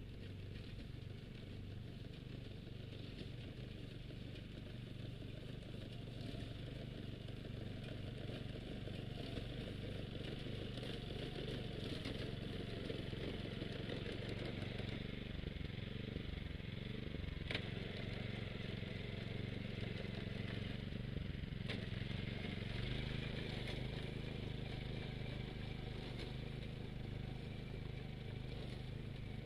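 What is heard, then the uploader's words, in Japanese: A binder rice harvester runs steadily through a rice paddy, its small engine droning at a constant low pitch with a busy mechanical clatter on top. The sound stays even throughout, with brief sharp ticks around 17 and 22 seconds. バインダーという稲刈り機で、1列ずつ稲を刈り、束にしていきます。バインダーで稲刈り、ハザ掛け。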